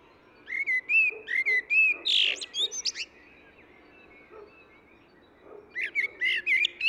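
Eurasian blackbird song: a fluted, mellow warbled phrase followed by a squeaky high twitter, then a pause before the next phrase begins.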